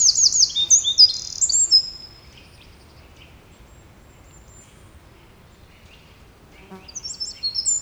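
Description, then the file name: Eurasian wren song: a fast, high, shrill burst of trills and sharp notes lasting about two seconds, then silence, then another loud trilled burst near the end. "Troglodytes troglodytes"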